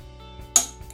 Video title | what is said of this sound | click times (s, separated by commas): Numbers Matching 1970 Magnum 440 Rebuild - Part I - Short Block Assembly | You hear it snap? That's 45 ft-lbs. | 0.6 s